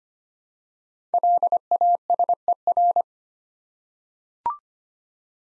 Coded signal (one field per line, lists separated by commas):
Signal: Morse code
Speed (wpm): 25 wpm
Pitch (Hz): 700 Hz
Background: none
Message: LASER